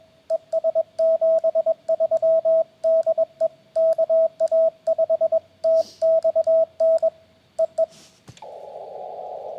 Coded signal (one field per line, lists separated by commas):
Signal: Morse code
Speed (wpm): 21 wpm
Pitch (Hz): 650 Hz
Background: radio noise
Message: ES 73 DE KA5TXN EE